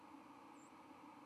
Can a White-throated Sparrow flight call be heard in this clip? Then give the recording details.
yes. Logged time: 10:06 on 31 October 2014